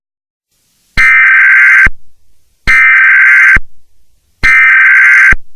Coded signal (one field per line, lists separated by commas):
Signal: Emergency Alert System (SAME) tones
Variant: header bursts